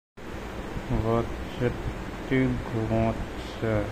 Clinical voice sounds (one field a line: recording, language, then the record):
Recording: elicited speech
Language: Bengali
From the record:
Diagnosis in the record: Broca's or global aphasia after a stroke